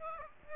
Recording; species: mosquito wingbeat signal from an infrared sensor; Aedes aegypti